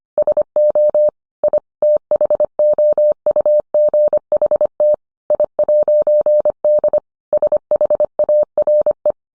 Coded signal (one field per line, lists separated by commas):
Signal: Morse code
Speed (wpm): 25 wpm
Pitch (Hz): 600 Hz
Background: none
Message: SO I THOUGHT I'D SHARE